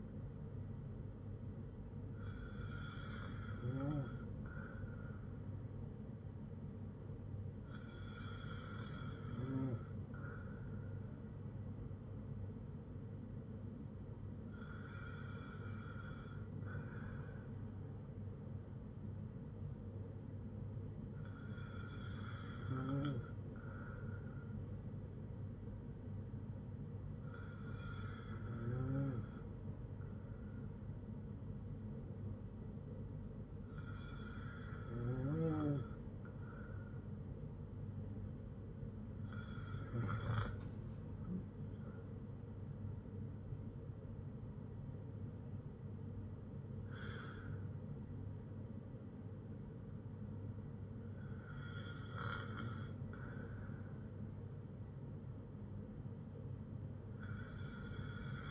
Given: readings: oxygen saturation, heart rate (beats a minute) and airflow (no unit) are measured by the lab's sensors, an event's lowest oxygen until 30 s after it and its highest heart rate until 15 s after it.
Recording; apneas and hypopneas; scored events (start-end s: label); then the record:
breathing in sleep by a smartphone at the bedside; 1
23.00-43.50 s: hypopnea (N2, oxygen 95% highest, then 94% lowest, heart rate 58 at the start, 76 highest)
From the record:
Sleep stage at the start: N2 (light sleep); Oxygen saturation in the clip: 94 to 95%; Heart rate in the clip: 54 to 76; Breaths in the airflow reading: 9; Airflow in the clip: -4.9 to 7.1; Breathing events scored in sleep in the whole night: 182 in 7.4 hours asleep